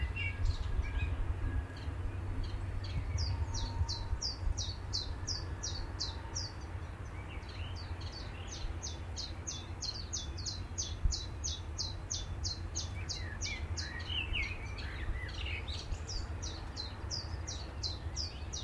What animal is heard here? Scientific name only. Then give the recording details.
Phylloscopus trochilus. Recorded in captivity. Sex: male. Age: adult. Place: Zoologisches Institut Universität Tübingen und Voliere IV, Baden-Württemberg, DE. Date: 1966-06-07. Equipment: Nagra III PH, MD 421, LGS26. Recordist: Faber, A. and Schneider, H.-J. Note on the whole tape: Phylloscopus trochilus trochilus "sylvestris" . Osteckzimmer. Auch Aufnahmen vom 14. Juni um 13 Uhr und 15. Juni um 8 Uhr 15. 1. Aufn.: Angstlaute (Vogel wurde in Hand gehalten) von Mischsänger. 2. Aufn.: Drei Einzellaute u. zwei Gesänge. 3. Aufn.: Einige gute Gesänge